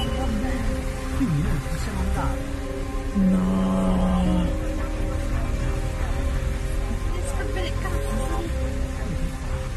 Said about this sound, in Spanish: Lluvias y granizo. Mirad esta imagen. Es impresionante. Vais a ver ahora el vídeo al respecto.